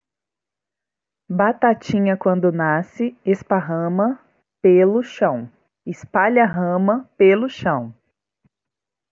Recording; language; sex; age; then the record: short text; Brazilian Portuguese; female; 30 to 39 years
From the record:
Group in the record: control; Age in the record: 39 years